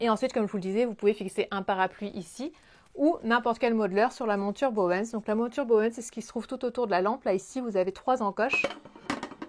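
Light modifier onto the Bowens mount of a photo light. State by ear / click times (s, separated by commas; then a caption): not seated / none. Someone talks while handling a light modifier at the metal/plastic Bowens mount around a Godox UL150 continuous LED photo light, which has three notches where an umbrella or any modifier can be fixed. A few short handling knocks are heard near the end, at about 9.1, 9.2 and 9.4 seconds. Nothing has seated or clicked yet: the modifier is not yet pushed on and twisted to lock.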